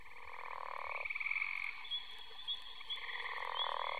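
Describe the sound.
Pickerel frog calling, a snoring croak about a second long, with higher trilling and faint chirps overlapping.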